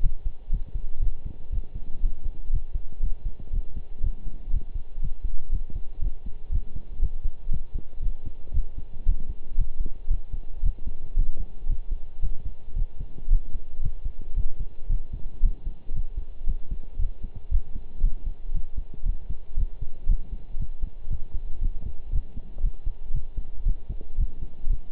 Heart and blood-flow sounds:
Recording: heart sounds by stethoscope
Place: between the tricuspid and mitral areas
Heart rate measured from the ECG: 117 bpm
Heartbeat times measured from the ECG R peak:
0.02 s: heartbeat
0.52 s: heartbeat
1.02 s: heartbeat
1.52 s: heartbeat
2.02 s: heartbeat
2.52 s: heartbeat
3.02 s: heartbeat
3.52 s: heartbeat
4.03 s: heartbeat
4.52 s: heartbeat
5.02 s: heartbeat
5.52 s: heartbeat
6.01 s: heartbeat
6.52 s: heartbeat
7.01 s: heartbeat
7.51 s: heartbeat
8.02 s: heartbeat
8.53 s: heartbeat
9.06 s: heartbeat
9.58 s: heartbeat
10.10 s: heartbeat
10.63 s: heartbeat
11.16 s: heartbeat
11.69 s: heartbeat
12.22 s: heartbeat
12.76 s: heartbeat
13.30 s: heartbeat
13.83 s: heartbeat
14.36 s: heartbeat
14.89 s: heartbeat
15.43 s: heartbeat
15.95 s: heartbeat
16.47 s: heartbeat
16.99 s: heartbeat
17.51 s: heartbeat
18.03 s: heartbeat
18.54 s: heartbeat
19.05 s: heartbeat
19.57 s: heartbeat
20.09 s: heartbeat
20.59 s: heartbeat
21.10 s: heartbeat
21.62 s: heartbeat
22.13 s: heartbeat
22.63 s: heartbeat
23.14 s: heartbeat
23.66 s: heartbeat
24.18 s: heartbeat
24.69 s: heartbeat
From the record:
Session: pedaling a stationary bicycle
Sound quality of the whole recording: partially saturated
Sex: male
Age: 23 years

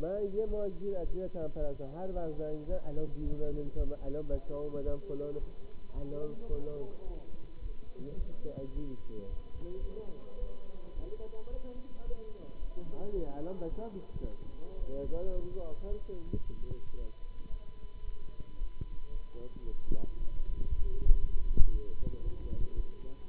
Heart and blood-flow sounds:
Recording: heart sounds by stethoscope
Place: between the tricuspid and mitral areas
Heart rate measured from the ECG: 110 bpm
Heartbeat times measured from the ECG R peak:
0.45 s: heartbeat
1.00 s: heartbeat
1.56 s: heartbeat
2.11 s: heartbeat
2.66 s: heartbeat
3.21 s: heartbeat
3.74 s: heartbeat
4.28 s: heartbeat
4.82 s: heartbeat
5.37 s: heartbeat
5.92 s: heartbeat
6.47 s: heartbeat
7.03 s: heartbeat
7.59 s: heartbeat
8.15 s: heartbeat
8.71 s: heartbeat
9.27 s: heartbeat
9.77 s: heartbeat
10.37 s: heartbeat
10.93 s: heartbeat
11.48 s: heartbeat
12.02 s: heartbeat
12.57 s: heartbeat
13.12 s: heartbeat
13.67 s: heartbeat
14.19 s: heartbeat
14.76 s: heartbeat
15.31 s: heartbeat
15.86 s: heartbeat
16.40 s: heartbeat
16.95 s: heartbeat
17.49 s: heartbeat
18.03 s: heartbeat
18.56 s: heartbeat
19.10 s: heartbeat
19.63 s: heartbeat
20.15 s: heartbeat
20.67 s: heartbeat
21.18 s: heartbeat
21.70 s: heartbeat
22.22 s: heartbeat
22.74 s: heartbeat
23.26 s: heartbeat
From the record:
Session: Bruce protocol treadmill stress test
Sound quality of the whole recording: good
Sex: male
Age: 26 years

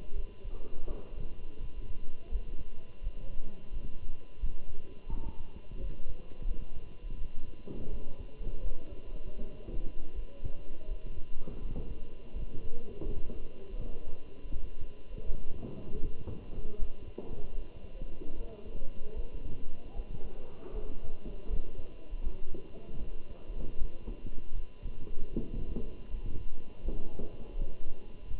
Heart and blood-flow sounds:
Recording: heart sounds by stethoscope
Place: between the tricuspid and mitral areas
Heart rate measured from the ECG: 81 bpm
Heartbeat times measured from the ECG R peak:
0.15 s: heartbeat
0.87 s: heartbeat
1.60 s: heartbeat
2.31 s: heartbeat
3.03 s: heartbeat
3.72 s: heartbeat
4.40 s: heartbeat
5.10 s: heartbeat
5.80 s: heartbeat
6.47 s: heartbeat
7.17 s: heartbeat
7.90 s: heartbeat
8.62 s: heartbeat
9.37 s: heartbeat
10.15 s: heartbeat
10.87 s: heartbeat
11.61 s: heartbeat
12.35 s: heartbeat
13.05 s: heartbeat
13.79 s: heartbeat
14.52 s: heartbeat
15.25 s: heartbeat
16.02 s: heartbeat
16.78 s: heartbeat
17.54 s: heartbeat
18.36 s: heartbeat
19.15 s: heartbeat
19.96 s: heartbeat
20.74 s: heartbeat
21.49 s: heartbeat
22.23 s: heartbeat
22.99 s: heartbeat
23.77 s: heartbeat
24.54 s: heartbeat
25.33 s: heartbeat
26.10 s: heartbeat
26.84 s: heartbeat
27.57 s: heartbeat
28.30 s: heartbeat
From the record:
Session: Bruce protocol treadmill stress test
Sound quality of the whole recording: good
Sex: male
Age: 27 years

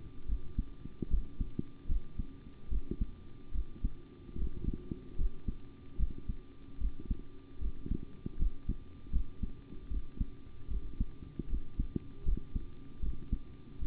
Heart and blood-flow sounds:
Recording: heart sounds by stethoscope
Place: between the tricuspid and mitral areas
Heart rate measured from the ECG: 75 bpm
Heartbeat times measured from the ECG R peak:
0.26 s: heartbeat
1.08 s: heartbeat
1.87 s: heartbeat
2.69 s: heartbeat
3.52 s: heartbeat
4.36 s: heartbeat
5.16 s: heartbeat
5.97 s: heartbeat
6.78 s: heartbeat
7.59 s: heartbeat
8.37 s: heartbeat
9.11 s: heartbeat
9.88 s: heartbeat
10.68 s: heartbeat
11.47 s: heartbeat
12.24 s: heartbeat
13.00 s: heartbeat
13.79 s: heartbeat
From the record:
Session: rest, sitting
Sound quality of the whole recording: good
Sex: male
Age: 25 years

